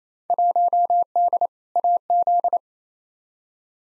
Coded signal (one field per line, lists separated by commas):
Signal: Morse code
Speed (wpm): 28 wpm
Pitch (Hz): 700 Hz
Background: none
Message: 1D AZ